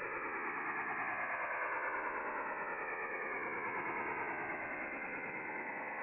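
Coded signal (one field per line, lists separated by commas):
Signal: HF data modem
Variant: STANAG 4285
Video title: French Navy STANAG 4285 Signal Decoding 8646 KHz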